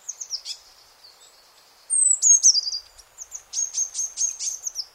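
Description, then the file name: Eurasian blue tit: a high falling whistle, then a quick series of sharp, evenly spaced high notes. "Cyanistes caeruleus"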